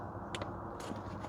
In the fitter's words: think that clicked. Yeah, that clicked.